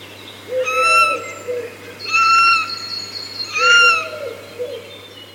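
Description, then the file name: Eurasian jay giving three loud, nasal, harmonic calls about 1.5 seconds apart, with softer low, wavering notes alongside them. "Garrulus glandarius"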